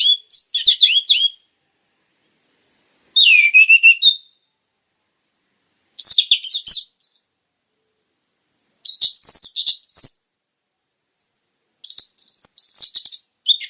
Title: PANCINGAN Anis Merah Gacor Materi Isian Rapat Cocok Untuk MASTERAN Anis Merah TROTOL